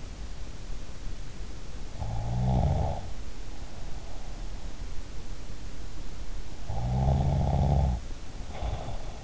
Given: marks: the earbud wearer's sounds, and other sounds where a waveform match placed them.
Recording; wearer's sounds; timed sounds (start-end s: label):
sounds in sleep by an in-ear microphone; snoring breath
1.97-4.36 s: snoring breath
6.75-9.24 s: snoring breath